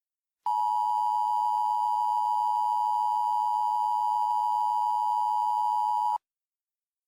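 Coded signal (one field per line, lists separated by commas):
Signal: Emergency Alert System (SAME) tones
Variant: 853 and 960 Hz attention tone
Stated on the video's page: Fictional mock EAS alert, not a real one.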